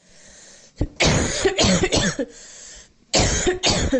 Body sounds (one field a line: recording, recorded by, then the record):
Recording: voluntary cough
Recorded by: messaging app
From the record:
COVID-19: negative